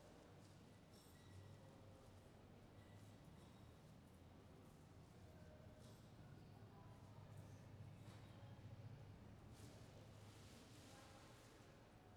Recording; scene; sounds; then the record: everyday scene through a hearing-aid microphone; reverberant space; background noise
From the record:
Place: railway station hall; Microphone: behind the ear, left, front